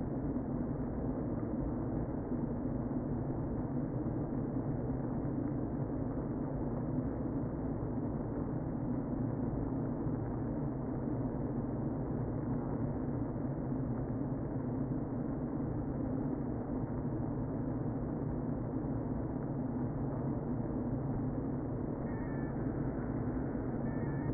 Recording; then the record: honeybee colony, microphone inside the hive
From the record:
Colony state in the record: queen present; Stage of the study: before two queens were removed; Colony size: about 60,000 bees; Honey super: yes